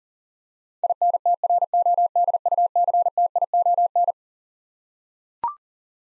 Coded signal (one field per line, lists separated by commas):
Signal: Morse code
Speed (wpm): 40 wpm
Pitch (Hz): 700 Hz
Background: none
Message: INTRODUCTION